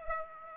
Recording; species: mosquito wingbeat signal from an infrared sensor; Aedes aegypti